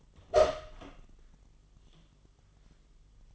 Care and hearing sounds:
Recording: daily activity, microphone in the room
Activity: open door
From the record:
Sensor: 4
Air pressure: 1005.7 hPa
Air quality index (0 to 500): 95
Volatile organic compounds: 2 ppm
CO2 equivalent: 1179 ppm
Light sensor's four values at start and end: 13/31/12/11 and 13/29/11/11

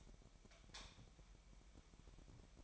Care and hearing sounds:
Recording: daily activity, microphone in the room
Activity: light off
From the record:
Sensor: 1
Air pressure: 1012.0 hPa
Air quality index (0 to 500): 237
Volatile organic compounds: 6 ppm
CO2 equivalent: 1887 ppm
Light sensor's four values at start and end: 18/49/19/21 and 14/33/14/16

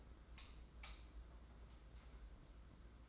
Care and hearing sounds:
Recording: daily activity, microphone in the room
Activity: light on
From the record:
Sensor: 3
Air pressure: 991.9 hPa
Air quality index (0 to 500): 218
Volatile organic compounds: 1000 ppm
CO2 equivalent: 7477 ppm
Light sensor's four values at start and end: 16/37/15/14 and 16/37/15/14

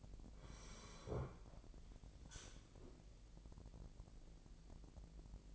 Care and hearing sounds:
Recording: daily activity, microphone in the room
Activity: sit down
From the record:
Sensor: 5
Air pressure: 1001.6 hPa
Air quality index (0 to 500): 250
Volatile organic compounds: 32 ppm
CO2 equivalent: 2992 ppm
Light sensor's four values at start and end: 43/101/41/41 and 43/101/41/41

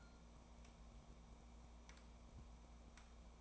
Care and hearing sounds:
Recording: daily activity, microphone in the room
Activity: take from stove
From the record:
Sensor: 1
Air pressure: 1000.0 hPa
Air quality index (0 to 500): 134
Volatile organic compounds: 2 ppm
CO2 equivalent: 1266 ppm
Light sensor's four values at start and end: 42/105/44/55 and 41/105/44/55

